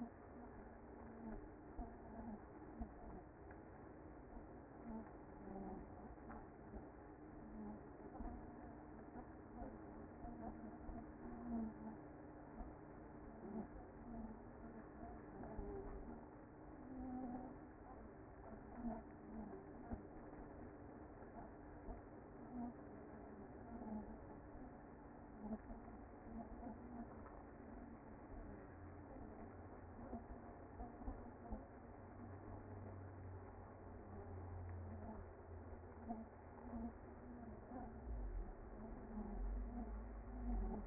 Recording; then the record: honeybee colony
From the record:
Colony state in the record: active